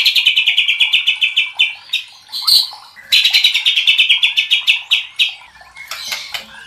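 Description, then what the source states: White-rumped shama song, a loud rapid series of rich repeated notes, a short break, then another fast run and a brief high flourish. Training (masteran) recording for cage birds; murai batu labaik.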